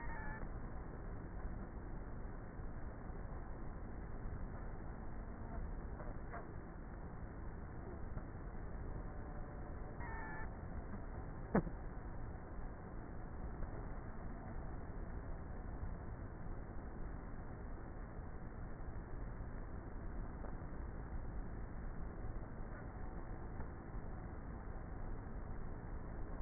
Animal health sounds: honeybee colony, microphone inside the hive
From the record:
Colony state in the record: queenless with a low population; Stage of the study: before two queens were removed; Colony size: about 30,000 bees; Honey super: no

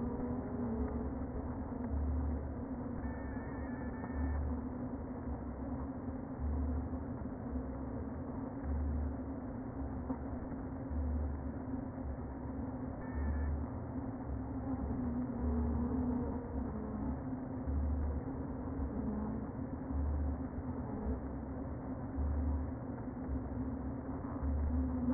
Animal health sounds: honeybee colony, microphone inside the hive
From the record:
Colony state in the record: queen present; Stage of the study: before two queens were removed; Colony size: about 60,000 bees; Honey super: yes

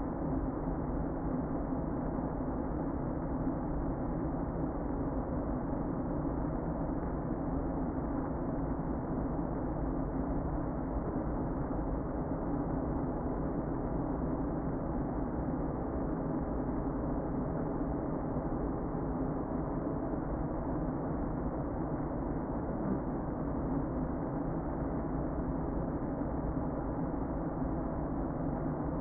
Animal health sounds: honeybee colony, microphone inside the hive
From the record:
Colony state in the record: queen present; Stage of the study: before two queens were removed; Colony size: about 60,000 bees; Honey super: yes

